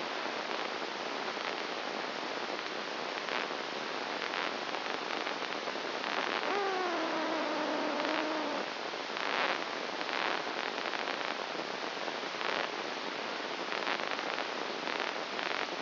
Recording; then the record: brain microelectrode recording played as sound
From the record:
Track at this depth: inside the subthalamic nucleus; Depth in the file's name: 3.902 mm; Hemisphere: left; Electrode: 2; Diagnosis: Parkinson's disease